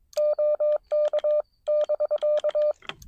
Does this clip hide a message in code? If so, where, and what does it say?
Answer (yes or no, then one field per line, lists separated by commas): yes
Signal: Morse code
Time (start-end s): 0.2-2.7 s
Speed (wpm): 22 wpm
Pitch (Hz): 590 Hz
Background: none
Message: OK<BK>